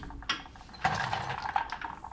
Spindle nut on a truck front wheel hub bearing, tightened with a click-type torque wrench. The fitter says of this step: then we'll really slowly turn the torque wrench at around 30 foot pounds while rotating this until you hear the click